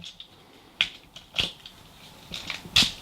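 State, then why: Seated. A plastic transformation part on the first side of a Transformers Legacy Armada Megatron toy figure is pushed into the figure's body and snaps into place with a sharp click at 0.8 s. Further plastic clicks and handling follow around 1.4 s and 2.8 s, and the part on that side is confirmed seated.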